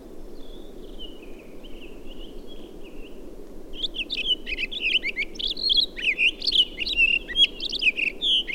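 Townsend's solitaire song: a faint thin whistled phrase at first, then after a pause a loud rambling stream of quick, rich warbled notes rising and falling.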